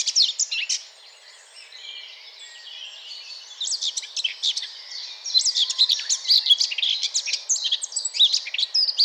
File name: Sylvia atricapilla